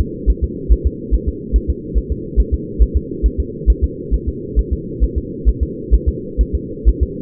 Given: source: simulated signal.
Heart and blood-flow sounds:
fetal heart sounds
0.00 s: S2
0.30 s: S1
0.44 s: S2
0.72 s: S1
0.87 s: S2
1.14 s: S1
1.29 s: S2
1.56 s: S1
1.70 s: S2
1.98 s: S1
2.12 s: S2
2.40 s: S1
2.54 s: S2
2.82 s: S1
2.97 s: S2
3.26 s: S1
3.40 s: S2
3.70 s: S1
3.84 s: S2
4.14 s: S1
4.29 s: S2
4.59 s: S1
4.73 s: S2
5.04 s: S1
5.18 s: S2
5.49 s: S1
5.63 s: S2
5.94 s: S1
6.09 s: S2
6.41 s: S1
6.55 s: S2
6.88 s: S1
7.03 s: S2
From the record:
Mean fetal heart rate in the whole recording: 135 bpm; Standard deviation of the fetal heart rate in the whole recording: 3 bpm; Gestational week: 34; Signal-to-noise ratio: -4.1 dB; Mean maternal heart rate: no maternal heart sound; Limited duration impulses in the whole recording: absent

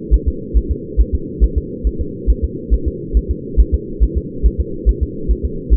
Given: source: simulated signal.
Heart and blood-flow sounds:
fetal heart sounds
0.14 s: S1
0.28 s: S2
0.57 s: S1
0.71 s: S2
1.01 s: S1
1.15 s: S2
1.44 s: S1
1.58 s: S2
1.87 s: S1
2.01 s: S2
2.30 s: S1
2.44 s: S2
2.74 s: S1
2.88 s: S2
3.17 s: S1
3.31 s: S2
3.60 s: S1
3.74 s: S2
4.03 s: S1
4.18 s: S2
4.46 s: S1
4.60 s: S2
4.89 s: S1
5.03 s: S2
5.31 s: S1
5.45 s: S2
5.74 s: S1
From the record:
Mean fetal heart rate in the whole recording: 140 bpm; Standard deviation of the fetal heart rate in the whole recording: 2 bpm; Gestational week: 34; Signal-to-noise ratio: -4.3 dB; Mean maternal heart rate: 72 bpm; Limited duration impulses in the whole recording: absent

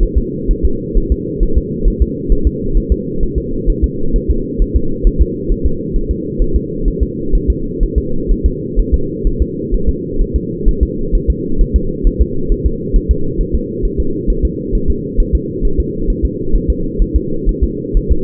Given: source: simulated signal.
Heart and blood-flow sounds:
fetal heart sounds
0.03 s: S1
0.18 s: S2
0.51 s: S1
0.65 s: S2
0.97 s: S1
1.12 s: S2
1.43 s: S1
1.58 s: S2
1.88 s: S1
2.02 s: S2
2.32 s: S1
2.47 s: S2
2.77 s: S1
2.92 s: S2
3.23 s: S1
3.38 s: S2
3.70 s: S1
3.84 s: S2
4.16 s: S1
4.31 s: S2
4.62 s: S1
4.76 s: S2
5.07 s: S1
5.22 s: S2
5.52 s: S1
5.66 s: S2
5.96 s: S1
6.11 s: S2
6.42 s: S1
6.56 s: S2
6.88 s: S1
7.03 s: S2
7.35 s: S1
7.50 s: S2
7.83 s: S1
7.98 s: S2
8.31 s: S1
8.46 s: S2
8.79 s: S1
8.94 s: S2
9.27 s: S1
9.42 s: S2
9.74 s: S1
9.89 s: S2
10.22 s: S1
10.36 s: S2
10.69 s: S1
10.83 s: S2
11.15 s: S1
11.30 s: S2
11.61 s: S1
11.76 s: S2
12.07 s: S1
12.22 s: S2
12.52 s: S1
12.66 s: S2
12.96 s: S1
13.11 s: S2
13.41 s: S1
13.55 s: S2
13.85 s: S1
14.00 s: S2
14.30 s: S1
14.45 s: S2
14.75 s: S1
14.90 s: S2
15.20 s: S1
15.35 s: S2
15.65 s: S1
15.80 s: S2
16.10 s: S1
16.25 s: S2
16.56 s: S1
16.70 s: S2
17.02 s: S1
17.16 s: S2
17.49 s: S1
17.64 s: S2
17.97 s: S1
18.12 s: S2
From the record:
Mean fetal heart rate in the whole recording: 130 bpm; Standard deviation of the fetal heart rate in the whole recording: 4 bpm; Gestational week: 38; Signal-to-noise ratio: -8.1 dB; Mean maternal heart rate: 72 bpm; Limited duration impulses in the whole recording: absent

